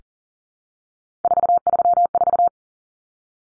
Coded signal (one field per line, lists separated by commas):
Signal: Morse code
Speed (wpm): 40 wpm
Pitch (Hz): 700 Hz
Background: none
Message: 434